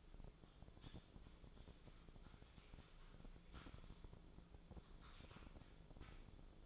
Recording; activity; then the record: daily activity, microphone in the room; typing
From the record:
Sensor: 5